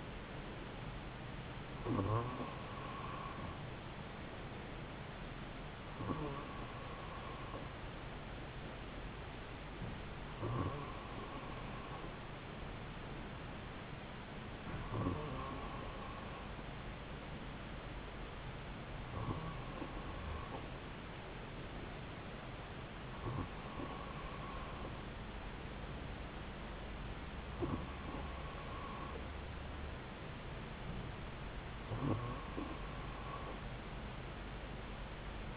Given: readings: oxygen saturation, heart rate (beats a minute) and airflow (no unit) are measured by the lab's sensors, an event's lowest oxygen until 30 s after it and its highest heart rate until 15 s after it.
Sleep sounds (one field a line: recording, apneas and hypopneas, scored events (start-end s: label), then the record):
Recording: breathing in sleep by a voice recorder at the bedside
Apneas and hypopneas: none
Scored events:
none scored
From the record:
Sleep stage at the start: N2 (light sleep)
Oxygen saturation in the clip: 94%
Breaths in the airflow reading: 8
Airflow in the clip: -2.8 to 2.2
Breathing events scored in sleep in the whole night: 270 in 6.1 hours asleep